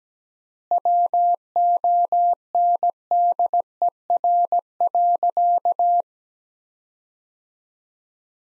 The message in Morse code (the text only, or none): WONDER.